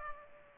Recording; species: mosquito wingbeat signal from an infrared sensor; Culex pipiens